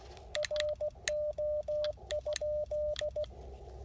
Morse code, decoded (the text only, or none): RO?